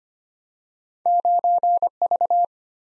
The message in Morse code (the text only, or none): 9V